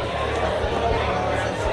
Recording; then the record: background sound without coughing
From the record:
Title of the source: CITY SOUNDS Busy Bar in the Evening Night - 2 HOURS of Ambiance for Relaxation